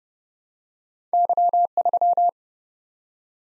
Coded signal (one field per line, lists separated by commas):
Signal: Morse code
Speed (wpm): 31 wpm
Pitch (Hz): 700 Hz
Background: none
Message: Y3